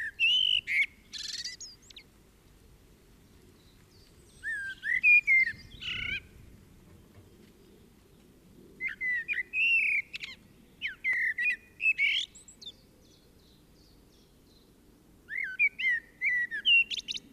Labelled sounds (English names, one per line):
Common Blackbird song